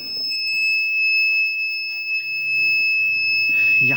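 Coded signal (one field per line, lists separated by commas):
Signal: beep code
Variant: Amron inverter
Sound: one continuous high-pitched electronic beep lasting the whole clip, with faint voices behind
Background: faint speech, room noise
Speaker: तो यहां पे देख सकते हैं ऑन करने पर हमारी बीप आती है और बिलिंक जो है हमारी वो मेन बिलिंक कर रही है तो इसका मतलब क्या होता है वो मैं आपको दिखाता हूं पीछे साइड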